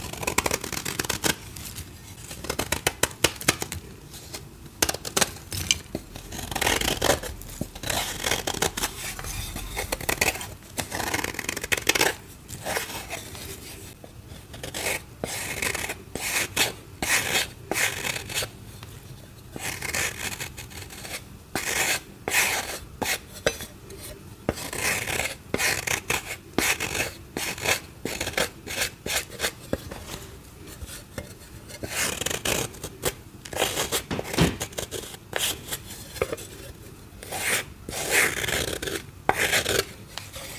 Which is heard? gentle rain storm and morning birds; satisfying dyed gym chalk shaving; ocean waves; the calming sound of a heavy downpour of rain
satisfying dyed gym chalk shaving